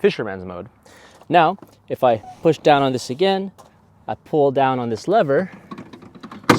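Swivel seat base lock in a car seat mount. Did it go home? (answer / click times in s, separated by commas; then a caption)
yes / 6.5 s. Someone talks while pulling down the release lever on a Hiros Hot Rod swivel seat base in a car seat mount and swinging the seat back around to face forward. A few faint ticks are heard from about 5.9 s, then the swivel lock latches into place with a loud click at 6.5 s.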